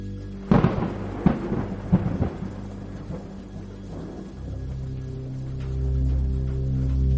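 A night-time thunderstorm with several sharp thunder cracks in quick succession, then a deep rolling rumble that swells toward the end, all over a steady hiss of rain.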